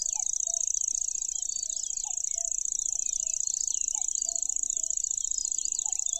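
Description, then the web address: Lanceolated warbler reeling, a continuous very high, insect-like trill without breaks, over busy chirping from other birds and low whistled notes repeating every second or two. "makinosennyuu"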